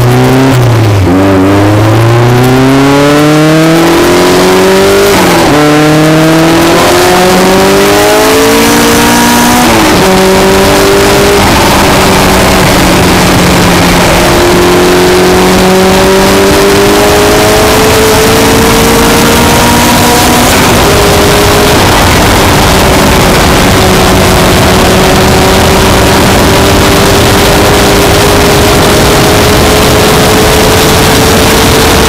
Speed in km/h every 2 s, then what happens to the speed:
53, 79, 97, 126, 147, 145, 134, 153, 171, 184, 177, 167, 175, 185, 196, 203.
0-8 speeds up to 147. 8-13 slows to 134. 13-18 speeds up to 184. 18-23 slows to 167. 23-28 speeds up to 196.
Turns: none.